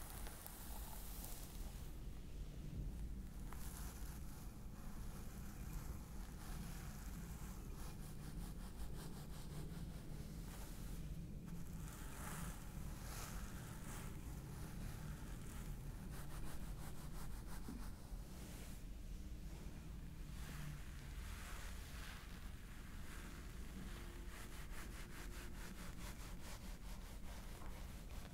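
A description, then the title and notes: A scalp massage: continuous dense rubbing and rustling, with fine crackly scratches running through the bright upper range over a steady low rumble. The level stays even throughout, with slightly sharper bursts of scratching around 3, 11 and 18 seconds. ASMR Stress Relieving Scalp Massage ASMR.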